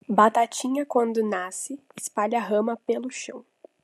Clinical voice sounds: short text; Brazilian Portuguese; female; 18 to 19 years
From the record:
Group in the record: control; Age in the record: 18 years

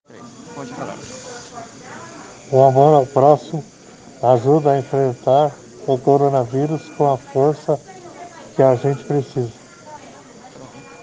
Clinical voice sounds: spoken sentence; Brazilian Portuguese; male; 40 to 49 years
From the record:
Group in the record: respiratory insufficiency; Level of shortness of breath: 5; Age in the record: 46 years

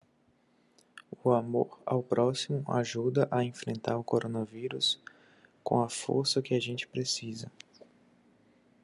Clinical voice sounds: spoken sentence; Brazilian Portuguese; male; 30 to 39 years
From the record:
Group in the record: control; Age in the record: 30 years

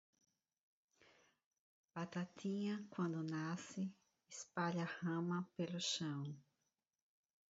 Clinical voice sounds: short text; Brazilian Portuguese; female; 50 to 59 years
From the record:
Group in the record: control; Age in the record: 54 years

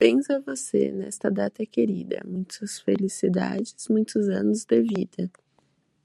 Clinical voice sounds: short text; Brazilian Portuguese; female; 20 to 29 years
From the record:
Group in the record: control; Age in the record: 22 years

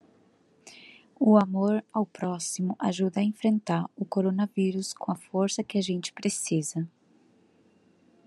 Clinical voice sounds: spoken sentence; Brazilian Portuguese; female; 20 to 29 years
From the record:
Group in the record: control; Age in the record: 28 years

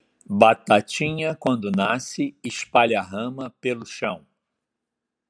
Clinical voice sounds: short text; Brazilian Portuguese; male; 60 to 69 years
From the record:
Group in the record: control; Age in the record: 68 years

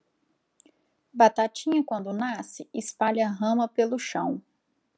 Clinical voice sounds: short text; Brazilian Portuguese; female; 30 to 39 years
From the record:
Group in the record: control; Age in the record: 37 years

